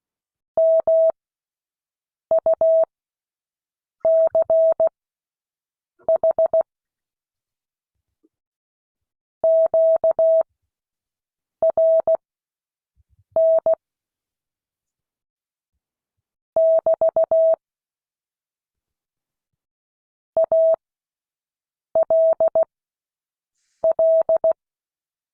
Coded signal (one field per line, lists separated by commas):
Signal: Morse code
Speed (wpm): 16 wpm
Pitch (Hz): 650 Hz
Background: none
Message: MUCH QRN <BT> ALL